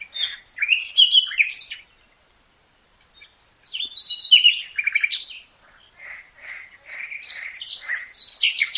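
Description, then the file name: Common nightingale song: bright tumbling phrases, a brief pause, then rapid notes and a slower series of lower repeated chirps. "Luscinia megarhynchos"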